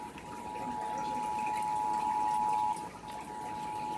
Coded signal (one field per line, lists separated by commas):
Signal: Emergency Alert System (SAME) tones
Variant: 853 and 960 Hz attention tone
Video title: EAS/NWR Alert or message #440-447: Ohio Required Monthly Test and a random RWT